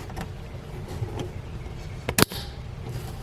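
The pull-down spray hose of a Moen Adler kitchen faucet, fed through the faucet body, is pushed onto the supply line quick-connect under the sink. Over low background rumble, a sharp double click snaps at 2.1 s and 2.2 s. The hose is seated firmly on the supply line.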